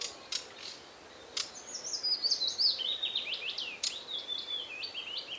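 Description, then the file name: Common chaffinch song: a few sharp high chips, then a bright descending series of notes from about one and a half to five seconds, ending in a quick flourish, over a faint hiss. "Fringilla coelebs"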